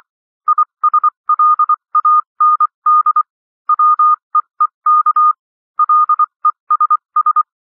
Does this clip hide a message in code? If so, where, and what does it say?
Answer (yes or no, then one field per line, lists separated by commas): yes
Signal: Morse code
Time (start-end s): 0.5-7.4 s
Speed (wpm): 24 wpm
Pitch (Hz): 1220 Hz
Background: none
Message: ISLAND WEEK LESS